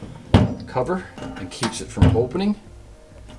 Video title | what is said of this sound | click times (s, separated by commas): Homak 27 inch 10 Drawer Pro Series Tool Chest | that flips up and locks into this part of the top | 0.3 s